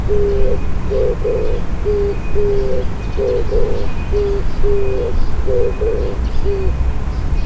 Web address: tosaka tori 080301 kijibato